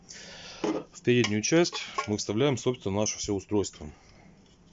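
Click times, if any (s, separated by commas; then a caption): none. The plastic radio transceiver module of a Ubiquiti LiteBeam M5 is being handled and inserted into the front of the antenna reflector, with brief handling sounds near 0.1 s and 0.6 s while someone talks. The clip ends before the module goes home, so nothing has seated or clicked yet.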